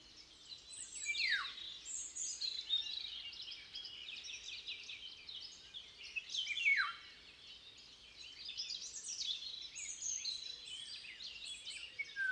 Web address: Oropendola europea Oriolus oriolus. aves papafigos